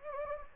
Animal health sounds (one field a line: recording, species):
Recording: mosquito wingbeat signal from an infrared sensor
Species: Anopheles gambiae